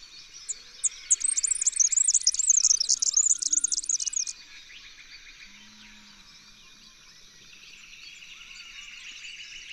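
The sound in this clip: Red-backed fairywren giving a very high, fast reeling trill for about three seconds after a few lead-in notes, followed by quiet hiss and a faint lower buzzing.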